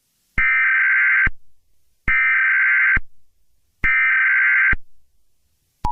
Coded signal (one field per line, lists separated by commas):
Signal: Emergency Alert System (SAME) tones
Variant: header bursts